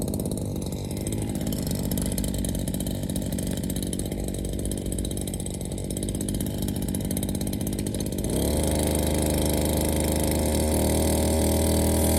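A brush cutter engine drones steadily as grass is cut, its pitch shifting and then settling into a louder, higher whine after about eight seconds.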